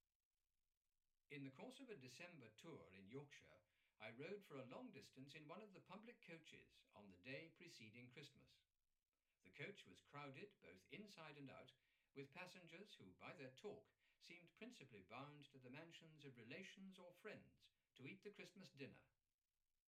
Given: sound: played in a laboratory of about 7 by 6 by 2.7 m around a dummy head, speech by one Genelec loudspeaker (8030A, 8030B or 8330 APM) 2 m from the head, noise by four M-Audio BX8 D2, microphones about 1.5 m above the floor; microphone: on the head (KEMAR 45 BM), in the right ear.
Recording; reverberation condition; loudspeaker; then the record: male speech in English; low; in front (0 degrees)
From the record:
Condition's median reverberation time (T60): about 310 ms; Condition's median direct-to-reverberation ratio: about 3.5 dB